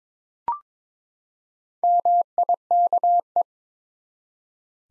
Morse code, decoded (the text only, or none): MIKE